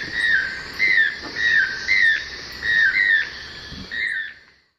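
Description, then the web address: Channel-billed toucan giving a run of several whistled, slightly downslurred yelps in close succession, fading out at the end. Eastern lowlands of South America. "Natures Songs S America Eastern Lowlands. Channel-billed Toucan"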